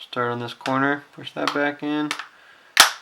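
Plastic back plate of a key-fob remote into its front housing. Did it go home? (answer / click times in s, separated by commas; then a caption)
yes / 2.8 s. Someone talks while pressing the plastic back plate of a Viper 2-way LCD car-alarm key-fob remote back into its front housing, corner by corner. After the speech, a sharp snap at 2.8 s marks the top corner seating home, and the case is closed.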